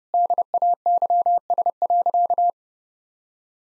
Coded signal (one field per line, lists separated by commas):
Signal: Morse code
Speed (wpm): 32 wpm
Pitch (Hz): 700 Hz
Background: none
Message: DAYS.